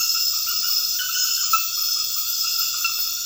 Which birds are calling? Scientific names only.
none